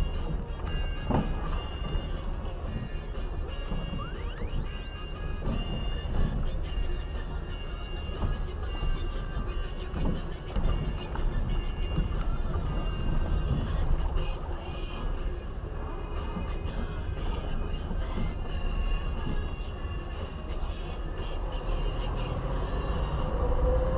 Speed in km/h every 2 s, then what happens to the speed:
9, 10, 13, 13, 15, 17, 16, 19, 22, 23, 24, 22.
0-24 speeds up to 22.